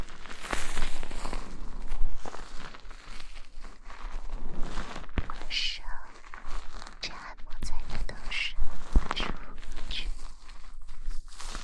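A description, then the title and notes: Fingers scrub quickly through wet, shampooed hair, making a dense, continuous scratching and squelching. The rubbing swells and eases in short bursts, with brighter frothy crackles near six and eight seconds and a few soft taps along the way. Shampoo wash hair 头部按摩 泡沫触发音 轻语 快速抓头皮.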